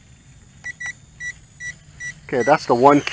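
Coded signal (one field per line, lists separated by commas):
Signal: none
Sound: drone remote control mode beeps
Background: speech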